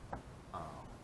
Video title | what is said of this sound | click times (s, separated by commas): Unique 4Runner integrated bed platform, 6 months review w/ design flaws, considerations, and insight | Goes back in, no problems, locks in place, closed. | 0.1 s